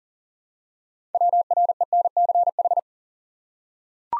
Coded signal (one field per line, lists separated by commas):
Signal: Morse code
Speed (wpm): 39 wpm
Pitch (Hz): 700 Hz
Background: none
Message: WRENCH